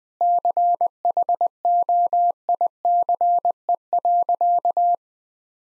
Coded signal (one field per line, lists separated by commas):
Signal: Morse code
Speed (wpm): 20 wpm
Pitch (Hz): 700 Hz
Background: none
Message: CHOICE.